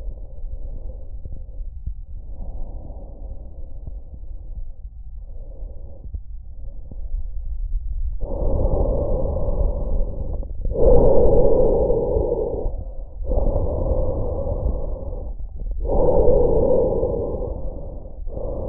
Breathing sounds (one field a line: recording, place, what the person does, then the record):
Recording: lung sounds by stethoscope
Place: trachea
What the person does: quiet breathing, then deep breathing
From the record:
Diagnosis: COPD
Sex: male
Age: 77 years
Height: 172 cm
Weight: 94 kg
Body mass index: 31.8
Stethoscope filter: extended mode